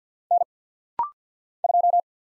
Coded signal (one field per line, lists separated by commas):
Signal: Morse code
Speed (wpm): 48 wpm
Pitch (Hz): 700 Hz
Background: none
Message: N 2